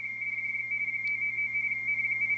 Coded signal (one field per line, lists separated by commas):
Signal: RTTY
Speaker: he's working a November 8. That was a pretty good burst by him.